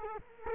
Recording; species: mosquito wingbeat signal from an infrared sensor; Culex quinquefasciatus